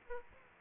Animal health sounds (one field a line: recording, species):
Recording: mosquito wingbeat signal from an infrared sensor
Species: Aedes aegypti